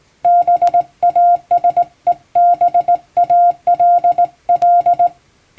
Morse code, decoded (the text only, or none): BASEBALL